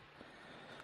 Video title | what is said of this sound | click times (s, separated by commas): How To Setup Vise and Table on your 10" inch Stainless Trim saw | sometimes you might need to move it around a little bit there you go it clicked | 0.8 s